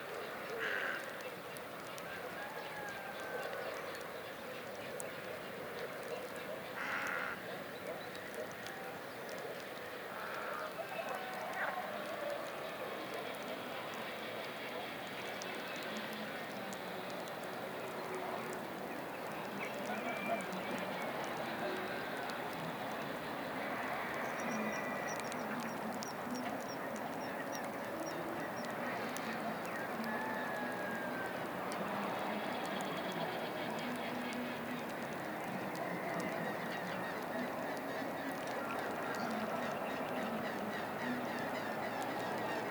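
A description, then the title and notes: A floodplain soundscape with a dense, steady murmur of voices and movement filling the middle range throughout. Short bright knocks and calls break through every few seconds, and a thin high chirping line runs faintly between about 24 and 30 seconds. Aural encounters in the floodplains by pablo sanz, 2023. An imaginary day, from dawn to sunset. It meanders through aural spaces based on encounters with human and other-than-human lifeforms and their movements, shaped by the presence of the river.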